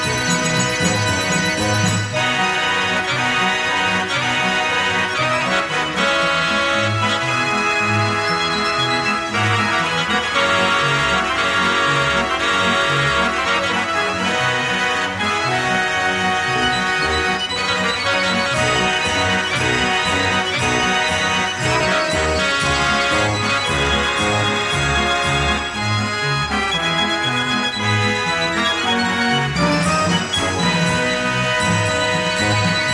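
A fair organ plays a bright, busy tune at steady full volume, with dense stacked notes and a rhythmic bass pulsing underneath throughout. The sound is continuous, with brief accents and shifts in the melody near 2, 15 and 30 seconds.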